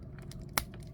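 A small plastic part that fell off a Voltron Mini Action Voltron Vehicle Force robot figure is pushed back into its hole, with faint handling rustle underneath. A single sharp snap at 0.6 s shows the part has seated.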